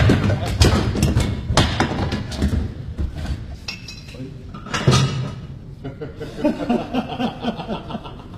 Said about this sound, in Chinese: 好了，咱们先把炉子烧热。这是舒斯秘书的椅子，我现在马上让它变成一堆小木头。